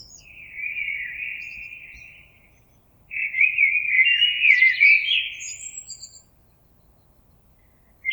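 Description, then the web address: Common blackbird song: a smooth fluted phrase, then a louder warbling phrase finishing in a high, scratchy twitter, followed by a short silence. Recorded 26 April 2022. "oiseaux Merle 2022 04 26"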